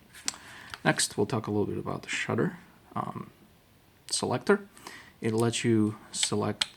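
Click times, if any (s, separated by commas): 0.3 s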